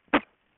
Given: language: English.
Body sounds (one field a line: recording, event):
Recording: throat vibration sensor signal played as sound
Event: throat clearing